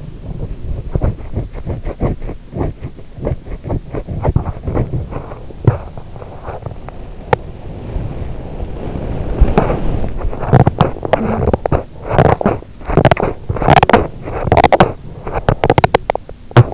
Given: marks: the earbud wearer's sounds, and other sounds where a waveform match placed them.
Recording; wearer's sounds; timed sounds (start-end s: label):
sounds in sleep by an in-ear microphone; teeth grinding, body movement
0.00-7.45 s: teeth grinding
7.48-10.38 s: body movement
9.49-16.74 s: teeth grinding